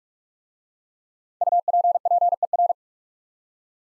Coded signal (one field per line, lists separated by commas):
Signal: Morse code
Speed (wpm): 44 wpm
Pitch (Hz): 700 Hz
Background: none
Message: UPPER